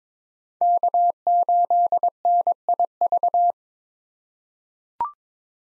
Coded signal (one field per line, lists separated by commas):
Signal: Morse code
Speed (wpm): 22 wpm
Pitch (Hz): 700 Hz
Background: none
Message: K8NIV